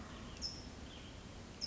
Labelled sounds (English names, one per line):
California Towhee